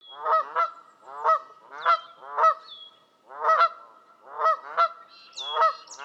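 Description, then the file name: Canada goose giving a series of loud, rough nasal honks, some in quick pairs. "kanadai lud hangja"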